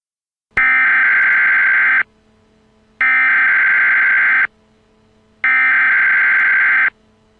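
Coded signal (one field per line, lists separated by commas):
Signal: Emergency Alert System (SAME) tones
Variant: header bursts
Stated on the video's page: EAS tones as heard in a film.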